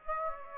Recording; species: mosquito wingbeat signal from an infrared sensor; Aedes aegypti